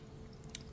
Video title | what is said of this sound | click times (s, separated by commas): BombMoto B2 Plug & Play Fardriver 72450 Kit Install! | Click these two together and we are now wired in series. | 0.5 s